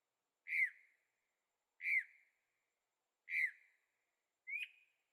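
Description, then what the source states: Bird calls: four single slurred whistles, the first three falling in pitch and the last one rising, spaced a little more than a second apart. Birds singing at night in Carefree, Arizona; recorded with a Zoom H6 and stereo microphones.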